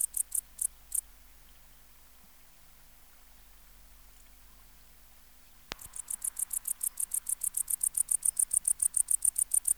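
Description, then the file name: Tettigonia hispanica bush-cricket song: a few high buzzy pulses at first, a long quiet gap broken by one click, then rapid even pulsing resumes and grows louder. "Tettigonia hispanica"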